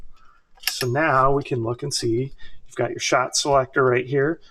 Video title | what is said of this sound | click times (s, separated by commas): NEW! JUNE 2024 (TOY!) Gel Ball Blaster! EMERBU TOYS AKMS Underfold - Metal Gears - Upgraded! | and then that'll allow it to come around and lock into place and then you just fold that side down there | 0.7 s